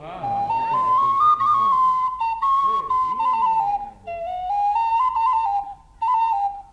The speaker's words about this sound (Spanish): Siguiendo nuestra gran función infantil, vamos a escuchar a Bartolo, el burrito que toca la flauta con un agujero solo.